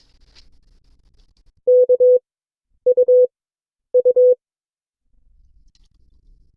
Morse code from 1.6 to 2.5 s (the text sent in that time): K